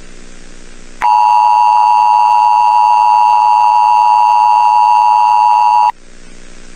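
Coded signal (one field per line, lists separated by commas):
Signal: Emergency Alert System (SAME) tones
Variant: 853 and 960 Hz attention tone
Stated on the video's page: Fictional EAS scenario for entertainment.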